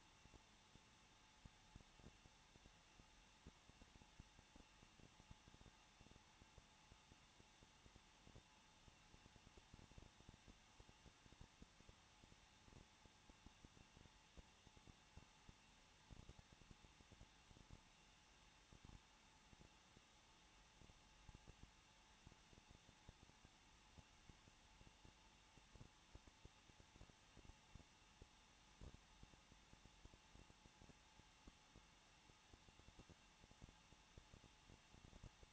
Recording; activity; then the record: daily activity, microphone in the room; no activity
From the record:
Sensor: 1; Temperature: 20.1 degrees Celsius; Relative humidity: 39.3%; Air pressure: 1006.4 hPa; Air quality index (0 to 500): 218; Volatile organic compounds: 80 ppm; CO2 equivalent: 3605 ppm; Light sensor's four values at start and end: 1/2/1/1 and 1/2/1/1